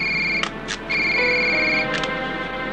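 A telephone rings with steady high electronic tones, punctuated by a few short bright bursts, the sustained ringing tone holding over a low background hum with no speech.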